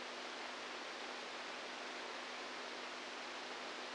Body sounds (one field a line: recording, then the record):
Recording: brain microelectrode recording played as sound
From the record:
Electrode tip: inside the subthalamic nucleus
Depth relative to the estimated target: -3 mm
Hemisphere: right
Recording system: NeuroSet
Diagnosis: Parkinson's disease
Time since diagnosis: 10 years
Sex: female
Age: 67 years